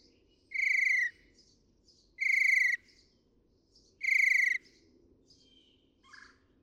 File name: Northern Mockingbird